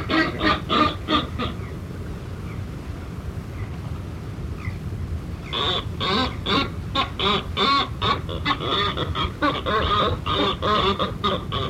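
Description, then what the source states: Buller's albatross giving rapid, harsh cackling calls in bursts, a pause midway before a longer run of quick nasal pulses, over steady low rumbling background noise. Northern subspecies.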